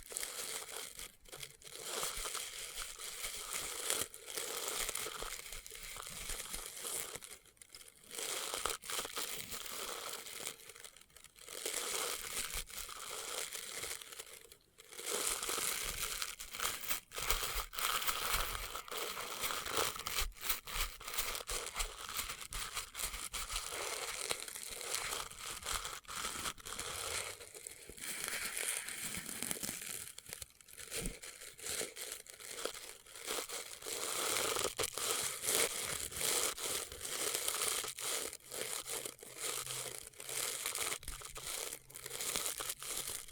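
Experimental triggers in test tubes: a dense, continuous run of crinkling, crackling and scratchy handling noises, bright and hissy throughout. The texture shifts every few seconds with brief pauses near 11 and 15 seconds, and a low steady hum joins in after about 32 seconds.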